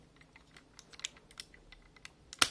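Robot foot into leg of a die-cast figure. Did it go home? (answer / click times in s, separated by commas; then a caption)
yes / 2.4 s. The whole foot of a die-cast Soul of Chogokin Dragon Caesar toy robot is pushed up into its leg, with a series of small plastic taps and light clicks along the way. A sharp, loud click at 2.4 s marks the foot seating firmly in place, fixing the loose fit it had before.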